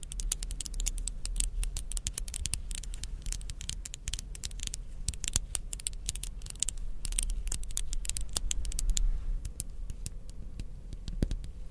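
Small hard beads or crystals tap and click in a dense, irregular patter of bright ticks, with soft scratching and a low rumble underneath throughout.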